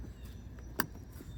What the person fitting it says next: Make sure you hear that clicking noise.